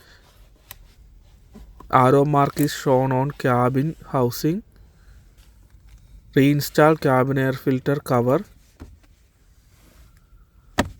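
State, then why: Seated. A plastic cabin air filter cover is refitted onto the HVAC housing behind the glove box of a car, with an EcoGard XC10489 filter for a Kia Sorento 2016-2020 or Nissan Qashqai 2020. Someone talks over a few faint taps, then a loud sharp click at 10.8 s shows the cover is seated and secure.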